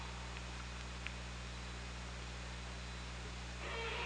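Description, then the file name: Killer whale pulsed call rising in at the close, a buzzy banded sound with a lower tone, after quiet hissing underwater noise and steady hum. Hydrophone recording from OrcaLab, 24 August 2017, 23:55. "Orca Lab 20170824 235518"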